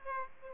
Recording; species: mosquito wingbeat signal from an infrared sensor; Aedes aegypti